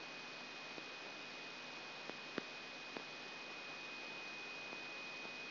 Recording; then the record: brain microelectrode recording played as sound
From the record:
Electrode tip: outside the subthalamic nucleus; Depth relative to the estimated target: -8 mm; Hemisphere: right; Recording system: AlphaMap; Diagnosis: Parkinson's disease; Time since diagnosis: 16 years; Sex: male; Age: 60 years